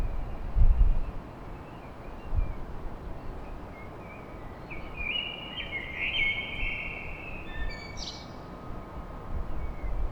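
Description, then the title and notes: Common blackbird song: one drawn-out warbling phrase with a high chirpy ending, amid low rumbling and occasional heavy thumps. Song recorded at dawn in Paris. "Blackbird Poetry At Paris On. Enregistrement d'un chant de merle à l'aube dans Paris"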